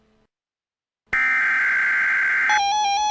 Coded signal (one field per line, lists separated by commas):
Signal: Emergency Alert System (SAME) tones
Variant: header bursts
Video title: EAS Mini Scenario: Keysota Tornado Watch